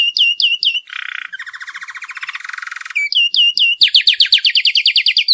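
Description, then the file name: Canary singing a varied song of quick chirps, a rattling buzzy trill, then a fast series of loud, repeated down-slurred whistled notes. "canario cantando"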